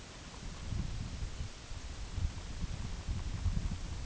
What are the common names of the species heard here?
none